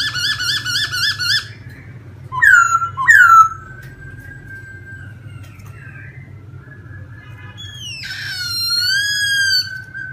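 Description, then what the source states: Laughingthrush song: a quick trilled series, then two loud slurred whistles, a long thin steady tone, and rich wavering notes near the end, over a low steady hum. Laughingthrush singing in a forest voice (giọng rừng).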